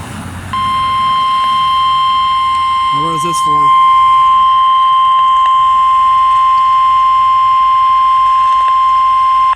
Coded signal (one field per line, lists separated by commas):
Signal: Emergency Alert System (SAME) tones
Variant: 1050 Hz attention tone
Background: speech